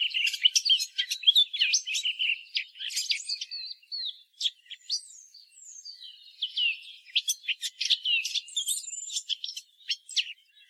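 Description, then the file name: Eurasian blackcap song, a continuous fast scratchy warble of chattering and whistled notes with a quieter stretch in the middle, high-pitched throughout. "Sylvia atricapilla"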